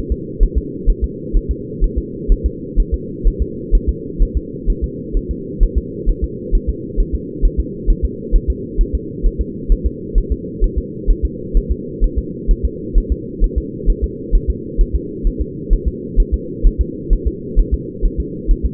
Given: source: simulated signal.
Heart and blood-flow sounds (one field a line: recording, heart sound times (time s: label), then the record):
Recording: fetal heart sounds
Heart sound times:
0.12 s: S2
0.43 s: S1
0.58 s: S2
0.90 s: S1
1.04 s: S2
1.37 s: S1
1.51 s: S2
1.84 s: S1
1.98 s: S2
2.32 s: S1
2.46 s: S2
2.80 s: S1
2.94 s: S2
3.27 s: S1
3.42 s: S2
3.75 s: S1
3.89 s: S2
4.22 s: S1
4.37 s: S2
4.70 s: S1
4.84 s: S2
5.17 s: S1
5.31 s: S2
5.63 s: S1
5.78 s: S2
6.09 s: S1
6.24 s: S2
6.55 s: S1
6.69 s: S2
7.00 s: S1
7.15 s: S2
7.45 s: S1
7.60 s: S2
7.90 s: S1
8.05 s: S2
8.36 s: S1
8.50 s: S2
8.81 s: S1
8.95 s: S2
9.26 s: S1
9.41 s: S2
9.72 s: S1
9.86 s: S2
10.18 s: S1
10.32 s: S2
10.64 s: S1
10.78 s: S2
11.11 s: S1
11.25 s: S2
11.57 s: S1
11.72 s: S2
12.04 s: S1
12.19 s: S2
12.51 s: S1
12.65 s: S2
12.98 s: S1
13.12 s: S2
13.44 s: S1
13.58 s: S2
13.90 s: S1
14.04 s: S2
14.35 s: S1
14.50 s: S2
14.81 s: S1
14.95 s: S2
15.27 s: S1
15.41 s: S2
15.73 s: S1
15.88 s: S2
16.20 s: S1
16.34 s: S2
16.67 s: S1
16.81 s: S2
17.13 s: S1
17.27 s: S2
17.59 s: S1
17.74 s: S2
18.05 s: S1
18.20 s: S2
18.51 s: S1
18.66 s: S2
From the record:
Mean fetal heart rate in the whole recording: 130 bpm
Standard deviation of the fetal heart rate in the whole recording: 4 bpm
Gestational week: 38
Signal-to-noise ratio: -4.1 dB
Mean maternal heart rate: no maternal heart sound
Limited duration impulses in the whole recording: absent